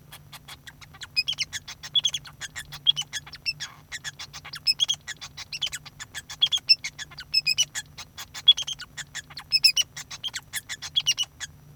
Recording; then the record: song of a male Bengalese finch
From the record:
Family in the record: son of father 2